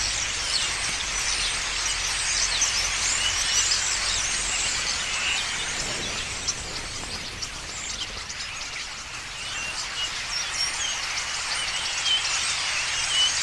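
Starlings in the evening, a dense, continuous chatter of many birds filling the upper range with bright clicks, whistles and squeaks. The mass of calls stays steady throughout, easing slightly around nine seconds before swelling again, with a faint low rumble underneath.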